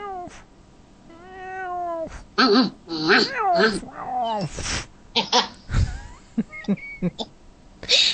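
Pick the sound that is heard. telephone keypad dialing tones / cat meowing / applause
cat meowing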